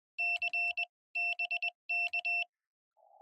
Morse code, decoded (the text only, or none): C BK